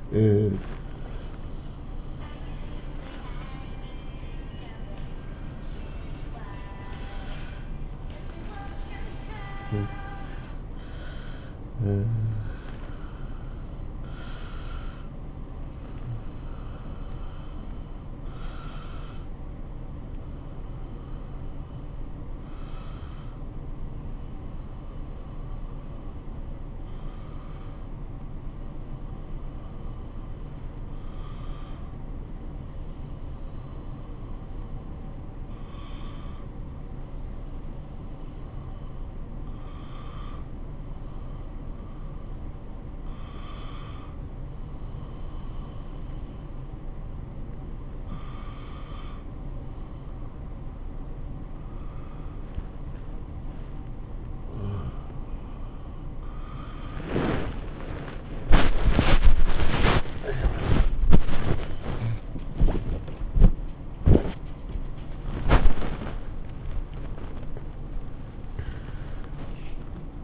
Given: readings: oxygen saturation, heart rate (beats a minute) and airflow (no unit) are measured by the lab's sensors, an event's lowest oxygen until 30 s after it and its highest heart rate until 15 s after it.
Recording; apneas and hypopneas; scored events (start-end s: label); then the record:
a person awake in a sleep study, by a smartphone at the bedside; none
0.00-70.24 s: awake
From the record:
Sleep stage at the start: awake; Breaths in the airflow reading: 29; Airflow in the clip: -0.6 to 0.7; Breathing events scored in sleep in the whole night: 403 in 5.5 hours asleep